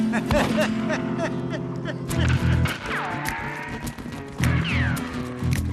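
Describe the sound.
Rapid clattering hoofbeats of a stolen horse being galloped away by a thief, a string of sharp repeated thuds mixed with shouting voices, whip-like cracks and sweeping tonal sounds in a busy, loud scene.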